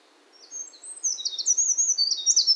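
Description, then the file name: Eurasian wren song starting after a brief quiet: a high, rapid run of sharp trilled notes building in loudness until the end. Recorded on Mount Nikko-Shirane, Japan, on 7 August 2019; singing. "ミソサザイ 190807 日光白根山 さえずり"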